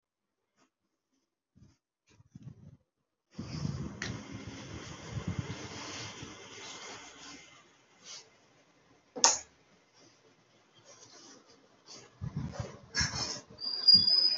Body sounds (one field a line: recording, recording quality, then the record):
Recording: shallow voluntary cough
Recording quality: excellent, no background noise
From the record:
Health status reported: healthy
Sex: male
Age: 52 years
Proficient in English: yes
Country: India